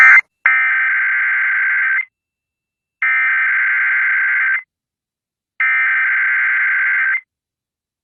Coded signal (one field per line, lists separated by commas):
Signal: Emergency Alert System (SAME) tones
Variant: header bursts